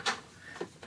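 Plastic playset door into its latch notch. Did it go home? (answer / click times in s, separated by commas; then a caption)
no / none. A plastic door on a DC Primal Age Bat Cave toy playset is swung shut toward its latch notch, giving a bright plastic knock near the start, a duller bump around 0.6 s and a faint tap at about 0.8 s. Nothing clicks or seats: the door fails to catch on the notch and swings back open instead of latching.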